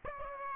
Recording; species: mosquito wingbeat signal from an infrared sensor; Aedes aegypti